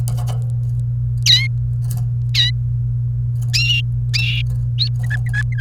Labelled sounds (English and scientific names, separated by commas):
Domestic Canary (Serinus canaria) song